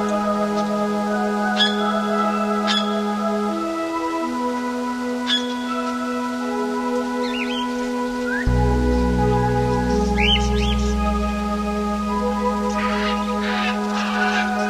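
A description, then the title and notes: Amazon rainforest ambience: a dense bed of steady insect drones and whines holds throughout, with a low tone that shifts pitch near four seconds and thickens into a louder hum after eight. Scattered bird chirps and calls break through every few seconds. Sounds of the Amazon rainforest.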